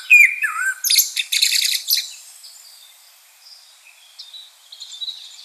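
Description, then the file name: Common blackbird giving one short fluty slurred note, then a harsh, buzzy chattering burst that trails off into faint thin whistles. "Turdus merula"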